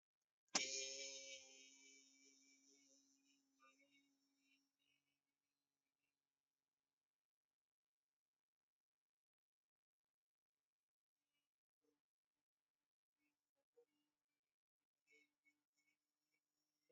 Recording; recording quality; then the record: sustained vowel as in beet; excellent, no background noise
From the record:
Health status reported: healthy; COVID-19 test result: not tested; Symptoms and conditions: sore throat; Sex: male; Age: 27 years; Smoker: not ticked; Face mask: not worn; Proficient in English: yes